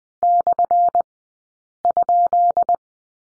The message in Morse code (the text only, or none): /?